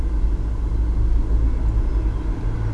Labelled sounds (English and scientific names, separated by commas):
Song Thrush (Turdus philomelos)